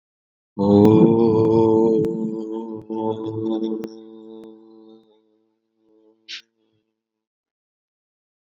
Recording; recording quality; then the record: sustained vowel as in boot; excellent, no background noise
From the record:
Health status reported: COVID-19 positive, mild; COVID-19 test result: positive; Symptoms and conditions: cold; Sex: male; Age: 26 years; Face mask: not worn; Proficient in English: yes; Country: India